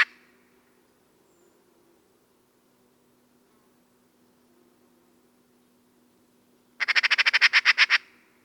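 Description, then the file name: Eurasian magpie chatter: a brief sound at the very start, then after a long quiet stretch one loud harsh rattle of about a dozen quick notes, growing slightly louder toward its end. "Pica pica"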